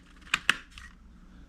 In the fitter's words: and you should be able to hear a click